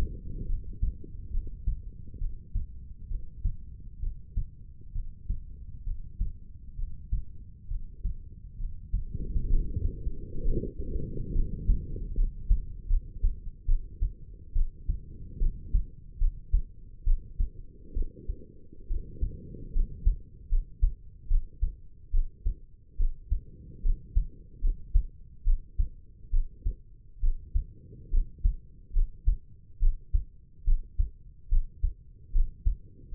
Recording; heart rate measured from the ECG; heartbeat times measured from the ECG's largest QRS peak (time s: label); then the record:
heart sounds by stethoscope; 70 bpm
0.46 s: heartbeat
1.31 s: heartbeat
2.18 s: heartbeat
3.08 s: heartbeat
4.00 s: heartbeat
4.93 s: heartbeat
5.84 s: heartbeat
6.76 s: heartbeat
7.68 s: heartbeat
8.58 s: heartbeat
9.47 s: heartbeat
10.43 s: heartbeat
11.32 s: heartbeat
12.15 s: heartbeat
12.88 s: heartbeat
13.66 s: heartbeat
14.53 s: heartbeat
15.39 s: heartbeat
16.18 s: heartbeat
17.04 s: heartbeat
17.94 s: heartbeat
18.88 s: heartbeat
19.73 s: heartbeat
20.49 s: heartbeat
21.28 s: heartbeat
22.11 s: heartbeat
22.97 s: heartbeat
23.82 s: heartbeat
24.61 s: heartbeat
25.44 s: heartbeat
26.31 s: heartbeat
27.20 s: heartbeat
28.10 s: heartbeat
28.93 s: heartbeat
29.79 s: heartbeat
30.64 s: heartbeat
31.49 s: heartbeat
32.32 s: heartbeat
33.11 s: heartbeat
From the record:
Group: healthy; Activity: Valsalva maneuver 0-12 s, rest 12-33 s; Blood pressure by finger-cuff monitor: 116/76 mmHg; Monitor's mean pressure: 88 mmHg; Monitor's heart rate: 69 bpm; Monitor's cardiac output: 5.4 L/min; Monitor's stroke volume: 78 mL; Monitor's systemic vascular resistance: 1190 dyn s/cm5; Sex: female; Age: 22 years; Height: 160 cm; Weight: 45 kg